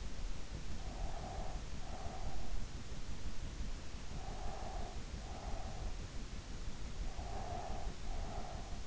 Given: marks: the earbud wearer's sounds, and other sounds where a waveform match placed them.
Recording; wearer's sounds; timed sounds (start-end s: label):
sounds in sleep by an in-ear microphone; breath
0.84-2.55 s: breath
4.13-6.08 s: breath
7.01-8.87 s: breath